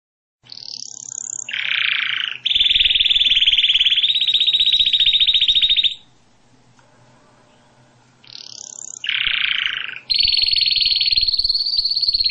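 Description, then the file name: Canary singing: a high whistled note, a lower buzzy burst and a long fast trill, then a pause and the same sequence again. "Canary Voice"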